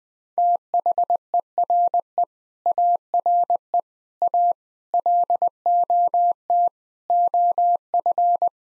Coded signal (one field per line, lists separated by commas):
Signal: Morse code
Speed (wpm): 21 wpm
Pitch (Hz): 700 Hz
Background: none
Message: THERE ARE A LOT OF